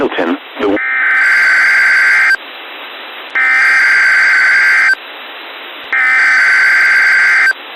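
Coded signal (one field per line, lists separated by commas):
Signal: Emergency Alert System (SAME) tones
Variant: header bursts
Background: speech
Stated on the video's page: SAME header and 1050 Hz tone of Required Weekly Test from NWS Spokane, received off weather radio transmitter on 162.475 MHz, Wenatchee, Washington.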